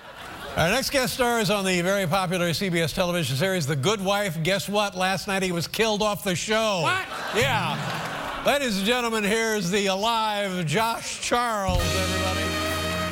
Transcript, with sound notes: Our next guest stars on the very popular CBS television series, "The Good Wife," and guess what? Last night he was killed off the show.
What?
Yeah.
(LAUGHTER)
Lady and gentlemen, here's the alive Josh Charles, everybody.